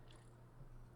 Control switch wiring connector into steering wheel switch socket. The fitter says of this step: now we can start putting everything back together let's go and reconnect the control switches and this should snap right in